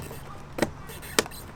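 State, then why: Seated. Car side-mirror glass is pressed back onto its mount inside the mirror housing on a BMW M2 Competition fitted with mirror caps with dynamic LED turn signals. A faint click at 0.6 s is followed by a sharp snap at 1.2 s and a small tick just after. The glass snaps back into place and is seated.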